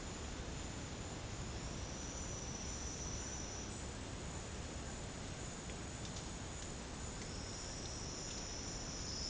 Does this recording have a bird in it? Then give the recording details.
no. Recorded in secondary vegetation near Puerto Asís, Putumayo, Colombia, on 21 March 2025 at 12:00. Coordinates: 0.502, -76.326. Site G100